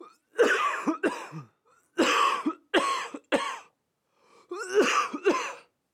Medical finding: Human Cough Male.